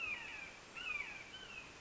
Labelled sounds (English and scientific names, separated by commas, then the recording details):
Red-shouldered Hawk (Buteo lineatus)
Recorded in Sonoma County, California